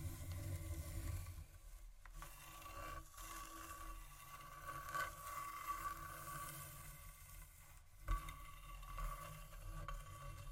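Scratching and light tapping on a table surface, a dense rasping texture over low rumble, with brief knocks near two and eight seconds.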